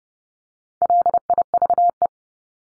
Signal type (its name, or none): Morse code